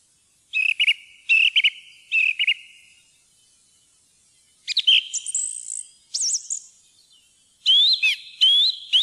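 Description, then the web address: Song thrush song: a clear phrase repeated three times, a pause, then new varied whistled and twittering phrases, each given in short repeated bursts. "fuglelyder maaltrost"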